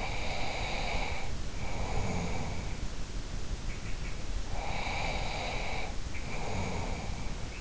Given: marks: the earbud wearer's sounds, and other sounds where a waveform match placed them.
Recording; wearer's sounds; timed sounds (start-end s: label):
sounds in sleep by an in-ear microphone; breath
0.00-3.09 s: breath
4.08-7.57 s: breath